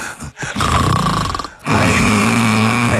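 An adult imitates snoring, producing the sound on breathing out rather than breathing in, as in real snoring. The low, rough, rattling snore is heard in bursts.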